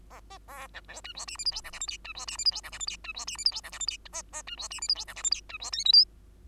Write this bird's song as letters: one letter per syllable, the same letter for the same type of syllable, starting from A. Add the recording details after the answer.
A B C D E F G H I J K L M N E F G H I J K L M N E F G H I J K L M N A A E F G H I J K L M N E F O P Q. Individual Bird2